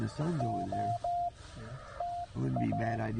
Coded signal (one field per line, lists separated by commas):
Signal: Morse code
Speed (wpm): 16 wpm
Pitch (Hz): 700 Hz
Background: speech, radio noise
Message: OTA